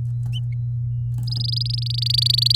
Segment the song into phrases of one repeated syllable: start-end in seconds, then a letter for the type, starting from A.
1.26-2.56 A